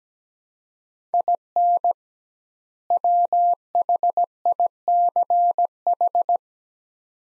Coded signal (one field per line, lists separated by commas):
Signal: Morse code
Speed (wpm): 17 wpm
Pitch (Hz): 700 Hz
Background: none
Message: IN WHICH